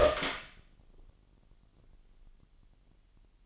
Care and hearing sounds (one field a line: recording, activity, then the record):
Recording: daily activity, microphone in the room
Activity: open door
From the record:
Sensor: 4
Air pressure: 999.2 hPa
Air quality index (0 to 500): 116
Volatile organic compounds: 2 ppm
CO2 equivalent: 1140 ppm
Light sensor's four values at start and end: 13/31/12/14 and 13/34/13/15